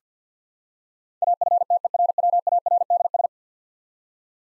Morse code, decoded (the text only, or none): AFTERWARDS